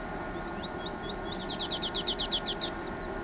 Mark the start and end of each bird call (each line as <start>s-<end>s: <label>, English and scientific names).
0.34s-3.06s: Carib Grackle (Quiscalus lugubris)